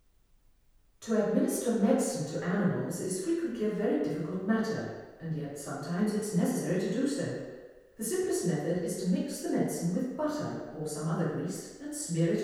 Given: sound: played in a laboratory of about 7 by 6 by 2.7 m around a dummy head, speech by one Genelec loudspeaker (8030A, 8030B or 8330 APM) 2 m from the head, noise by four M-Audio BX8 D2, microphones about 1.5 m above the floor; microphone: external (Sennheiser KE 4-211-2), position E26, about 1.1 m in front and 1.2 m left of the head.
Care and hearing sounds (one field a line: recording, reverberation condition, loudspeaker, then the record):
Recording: female speech in English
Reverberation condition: high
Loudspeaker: 120 degrees to the right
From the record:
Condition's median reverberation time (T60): about 1300 ms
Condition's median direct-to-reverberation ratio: about -4.0 dB